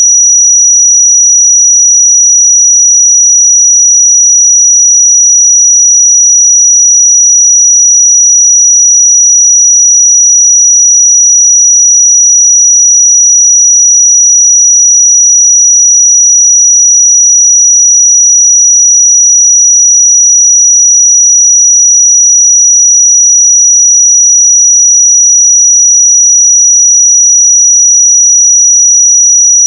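A pure sine tone at 5833 Hz holds perfectly steady for the full thirty seconds. It is a single thin, high, piercing whistle with no wavering, no pulses and no change in loudness. Nothing else sounds behind it.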